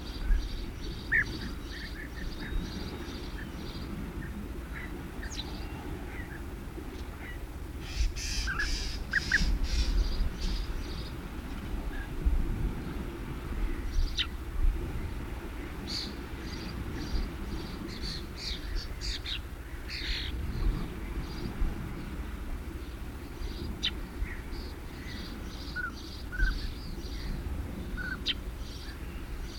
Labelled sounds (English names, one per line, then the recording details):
European Bee-eater call
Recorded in the wild
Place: Balcik, Varna, BG
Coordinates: 43.427, 28.162
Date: 1974-06-07
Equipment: Nagra III BH, Sennheiser MD 21, parabola
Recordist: Schubert, Michael